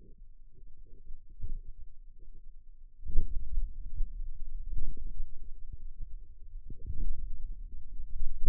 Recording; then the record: forearm muscle sounds (acoustic myography)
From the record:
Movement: outward rotation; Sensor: system 2, bracelet of six BSWA MPA416 microphones around the upper forearm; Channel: 6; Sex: male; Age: 22 years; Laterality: right